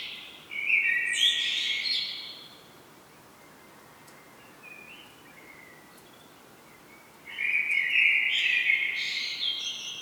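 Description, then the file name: Common blackbird singing two phrases of fluted whistles mixed with higher squeaky twitters, separated by a few seconds of quiet. "Turdus merula"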